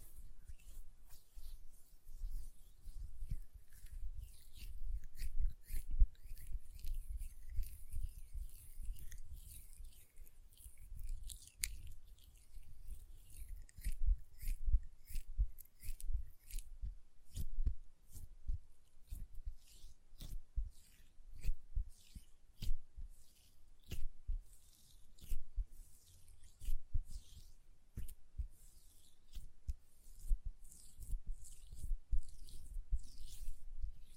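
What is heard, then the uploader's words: Hand sounds with lotion: soft, moist rubbing and squelching with a low rumble underneath, joined by quick, sharp clicks like nails tapping. The clicks grow denser and more regular after about fifteen seconds, arriving in rapid irregular bursts to the end. Hand Sounds, Nail Tapping and Lotion Sounds.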